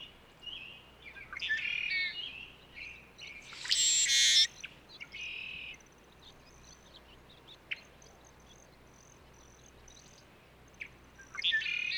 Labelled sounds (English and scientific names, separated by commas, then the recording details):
Brewer's Blackbird (Euphagus cyanocephalus) song
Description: Brewer's Blackbird song recorded in Moraine Park in Rocky Mountain National Park
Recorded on 29 May 2017